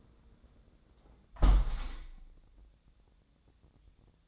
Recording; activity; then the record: daily activity, microphone in the room; close window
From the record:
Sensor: 3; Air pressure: 1012.2 hPa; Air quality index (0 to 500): 133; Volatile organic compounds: 2 ppm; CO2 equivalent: 1028 ppm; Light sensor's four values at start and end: 168/406/165/153 and 170/410/166/153